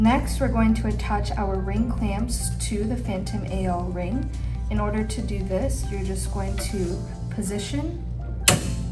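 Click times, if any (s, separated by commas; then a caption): 8.5 s. A ring clamp is positioned and pushed onto the metal ring of a Phantom AL anterior lumbar surgical access system (AL-1000) retractor while someone talks over background music. It clicks and locks in place at 8.5 s.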